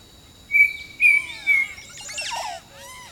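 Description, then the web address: Birdsong opens with three strong, steady whistles, then breaks into a tumbling series of downslurred notes, with insects droning continuously underneath. Jungle birdsong. "Echoes of Nature - Jungle Talk Jungle Birdsong"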